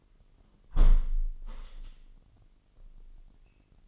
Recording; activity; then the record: daily activity, microphone in the room; close window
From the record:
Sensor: 4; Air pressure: 998.7 hPa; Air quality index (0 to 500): 116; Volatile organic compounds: 2 ppm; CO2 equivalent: 1140 ppm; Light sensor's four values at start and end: 10/23/9/10 and 10/23/9/10